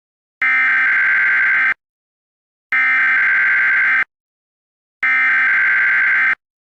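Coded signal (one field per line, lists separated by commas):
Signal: Emergency Alert System (SAME) tones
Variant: header bursts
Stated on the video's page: Fictional parody EAS scenario, not a real alert.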